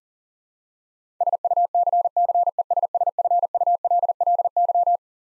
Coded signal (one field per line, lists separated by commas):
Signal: Morse code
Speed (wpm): 40 wpm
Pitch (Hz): 700 Hz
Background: none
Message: SUCCESSFULLY